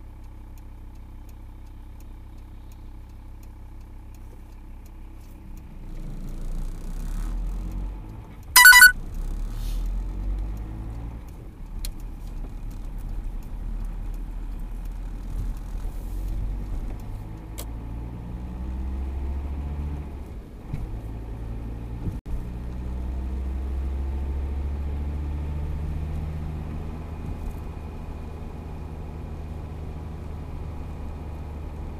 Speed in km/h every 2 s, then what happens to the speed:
0, 0, 0, 0, 9, 16, 19, 19, 21, 31, 37, 43, 51, 55, 55, 54.
0-6 standing. 6-26 pulls away to 55. 26-32 steady at about 55.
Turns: 9-14.